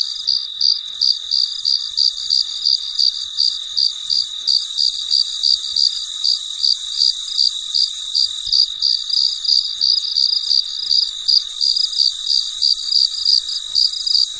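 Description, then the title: Cricket chirping in a steady high-pitched run of short pulses, roughly three per second, over a continuous shrill insect hiss. Recorded late at night, in deep quiet. "深夜录制蟋蟀昆虫声"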